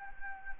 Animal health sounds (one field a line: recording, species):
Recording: mosquito wingbeat signal from an infrared sensor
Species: Anopheles gambiae